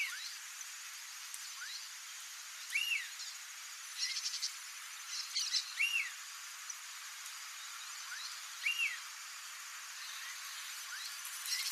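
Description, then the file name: Large elaenia song: a short two-part note, rising then falling, given about every three seconds, three times in all, over a steady high insect buzz. "Canto do guaracava grande"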